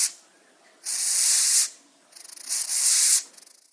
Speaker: Here's a Madagascan hissing cockroach doing what it does best.